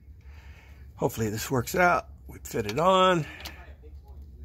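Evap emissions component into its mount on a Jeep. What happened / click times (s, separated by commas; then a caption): The part is being handled but has not clicked into place yet / none. An evap emissions component is being fitted into its mount on a 2007 Jeep Wrangler JK with a clockwise turn, as part of an evap code repair after a failed emissions test. Someone talks over low background noise, with a faint brief sound near 0.2 s. Nothing has seated or clicked yet.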